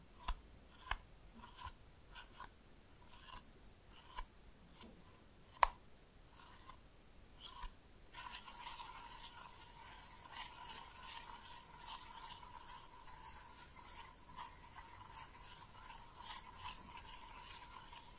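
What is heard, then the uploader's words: Slime being played with: for the first eight seconds, scattered wet clicks and squelches, with one sharp snap around five and a half seconds. After that a steady, dense crackling squish takes over and keeps going, bright and sticky, with small pops throughout. ASMR Fun with Slime No Talking.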